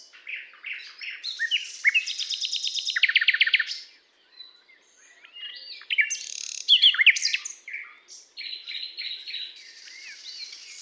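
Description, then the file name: Common nightingale song with mixed chirps and whistles leading into a fast rattling trill, a pause, then bright varied phrases and a series of repeated whistled notes. "Luscinia megarhynchos"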